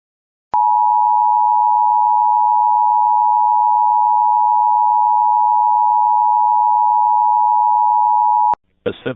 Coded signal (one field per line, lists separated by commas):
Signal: Emergency Alert System (SAME) tones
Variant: 853 and 960 Hz attention tone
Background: speech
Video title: (VERY RARE!) False alarm Local Area Emergency EAS!!! - 6/23/26